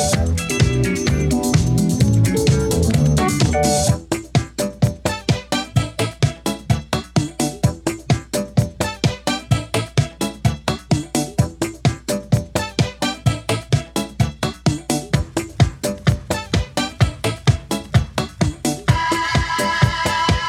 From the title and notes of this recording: Os carrinhos de choque das festas do senhô. Bumper cars always have a particular soundtrack, always revolving around dance music.